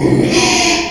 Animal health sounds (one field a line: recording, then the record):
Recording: squeal of a Yucatan mini pig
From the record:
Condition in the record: after surgery on the right vocal fold (resection and tissue-engineered implant)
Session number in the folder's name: 2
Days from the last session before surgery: 13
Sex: male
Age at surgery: 12 weeks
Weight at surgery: 13 kg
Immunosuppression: cyclosporine, prednisolone